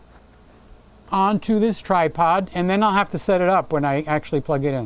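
A Canon R6 camera body is being handled as it is mounted onto a tripod quick-release plate, with a faint tap near 0.9 s before someone talks over the rest of the clip. Nothing has seated or clicked yet; the camera is not yet locked into the mount.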